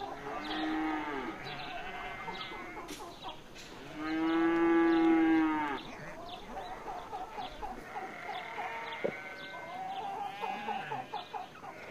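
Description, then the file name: Cow mooing, one loud steady low moo in the middle among several quieter calls. Village farm. "derevnya ptici korovi kozi kuri"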